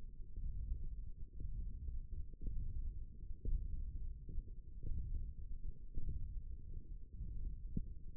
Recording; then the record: forearm muscle sounds (acoustic myography)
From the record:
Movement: hand opening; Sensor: system 1, eight BSWA MPA416 microphones around the upper forearm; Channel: 4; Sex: male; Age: 18 years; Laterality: right